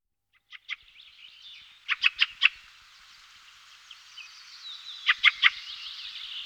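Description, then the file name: Fieldfare harsh chattering calls, clipped chack notes in three quick bursts of two, four and three, with a faint thin twittering running underneath. "roche 2004 wacholderdrossel"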